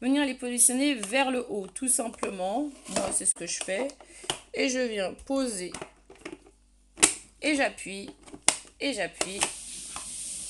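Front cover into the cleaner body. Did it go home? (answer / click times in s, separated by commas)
yes / 7.0 s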